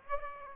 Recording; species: mosquito wingbeat signal from an infrared sensor; Aedes aegypti